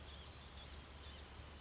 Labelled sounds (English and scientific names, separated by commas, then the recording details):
Blue-gray Gnatcatcher (Polioptila caerulea)
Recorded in Sonoma County, California